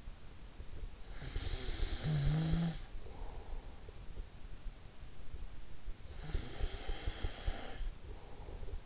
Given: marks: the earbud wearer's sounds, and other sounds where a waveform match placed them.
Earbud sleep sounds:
sounds in sleep by an in-ear microphone; snoring breath
1.14-4.21 s: snoring breath
5.89-8.85 s: snoring breath

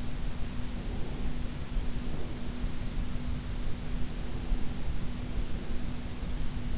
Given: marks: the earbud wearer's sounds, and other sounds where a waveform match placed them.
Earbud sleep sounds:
sounds in sleep by an in-ear microphone; breath
1.06-3.06 s: breath
4.06-6.06 s: breath

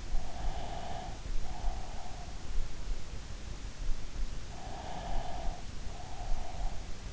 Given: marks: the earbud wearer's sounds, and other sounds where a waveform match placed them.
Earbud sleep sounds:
sounds in sleep by an in-ear microphone; breath
0.32-2.58 s: breath
4.84-7.10 s: breath

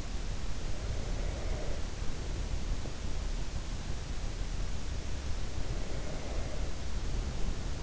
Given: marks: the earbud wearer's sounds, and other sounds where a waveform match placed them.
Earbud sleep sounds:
sounds in sleep by an in-ear microphone; breath
0.77-3.15 s: breath
5.46-7.82 s: breath

